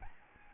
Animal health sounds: mosquito wingbeat signal from an infrared sensor; Aedes albopictus

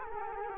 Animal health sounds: mosquito wingbeat signal from an infrared sensor; Culex quinquefasciatus

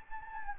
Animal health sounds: mosquito wingbeat signal from an infrared sensor; Anopheles gambiae

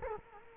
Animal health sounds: mosquito wingbeat signal from an infrared sensor; Culex quinquefasciatus

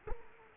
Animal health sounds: mosquito wingbeat signal from an infrared sensor; Culex quinquefasciatus

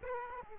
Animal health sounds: mosquito wingbeat signal from an infrared sensor; Aedes aegypti

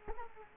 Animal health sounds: mosquito wingbeat signal from an infrared sensor; Culex quinquefasciatus

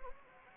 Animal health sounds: mosquito wingbeat signal from an infrared sensor; Anopheles gambiae

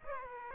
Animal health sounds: mosquito wingbeat signal from an infrared sensor; Aedes aegypti

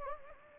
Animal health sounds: mosquito wingbeat signal from an infrared sensor; Anopheles gambiae

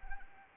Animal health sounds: mosquito wingbeat signal from an infrared sensor; Anopheles arabiensis

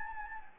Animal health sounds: mosquito wingbeat signal from an infrared sensor; Anopheles gambiae

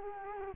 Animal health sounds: mosquito wingbeat signal from an infrared sensor; Culex quinquefasciatus

